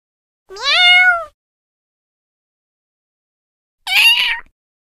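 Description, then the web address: Domestic cat meowing twice, a long harmonic-rich meow that falls slightly at the end, then a shorter, brighter meow about three seconds later, with silence between. Recorded in April 2023. "2023 04 Cat"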